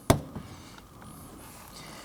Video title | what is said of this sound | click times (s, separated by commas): How to Remove Rear Door Panels 2015-2024 Nissan Murano | Bring that around to this little notch right here that's going to snap into the side of the handle | 0.1 s